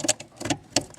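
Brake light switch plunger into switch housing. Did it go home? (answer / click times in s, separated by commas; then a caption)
yes / 0.8 s. The brake light switch plunger of a 2004 Nissan Sentra is pushed back into its plastic switch housing to reset it. A few soft ticks and taps lead up to a sharp click at 0.8 s, and the plunger is seated.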